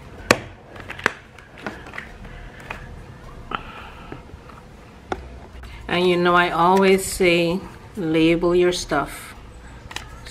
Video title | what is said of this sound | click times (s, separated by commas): HOW TO STORE RICE AND GRAINS FOR A LONG TIME (Simple Living Food Prepping) | that's height seal make sure you hear it click all the way around | 0.3 s, 1.1 s, 3.6 s